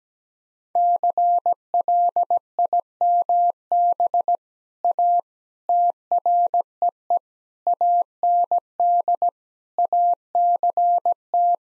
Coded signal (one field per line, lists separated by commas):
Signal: Morse code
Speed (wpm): 17 wpm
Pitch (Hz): 700 Hz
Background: none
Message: CLIMB A TREE AND ACT